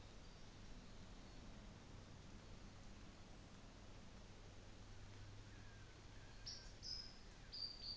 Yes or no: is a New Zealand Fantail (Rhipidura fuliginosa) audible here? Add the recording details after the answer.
no. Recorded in New Zealand on 24 December 2018. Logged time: 11:00